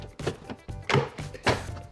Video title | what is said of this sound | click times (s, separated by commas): How to DELETE the armrest out of your MINI Cooper | here snap into place so | 0.9 s